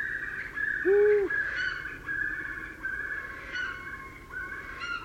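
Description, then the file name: Long-eared owl giving one short low hoot while other birds call with higher notes throughout. "Gufo Comune"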